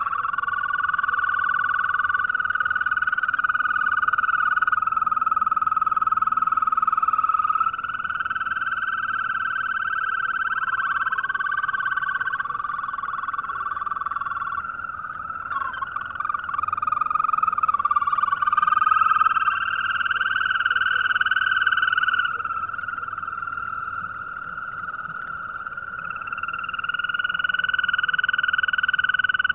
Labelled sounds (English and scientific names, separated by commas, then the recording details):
Green Toad (Bufo viridis)
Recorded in the wild
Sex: male
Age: adult
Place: Falkenberger Rieselfelder, Barnim, Berlin, DE
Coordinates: 52.5814, 13.5508
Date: 1995-05-01 21:55
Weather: Lufttemperatur 4°C
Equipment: Sony TCD-D3, Sennheiser ME 80, K 30 AV (III), Windschutz
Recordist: Frommolt, Karl-Heinz